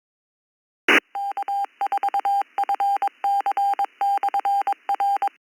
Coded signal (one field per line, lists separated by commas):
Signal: Morse code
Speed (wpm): 22 wpm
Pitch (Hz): 800 Hz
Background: none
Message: K4FC/R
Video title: East Coast Reflector Morning Brew 1120 2025 12 26 07 00 05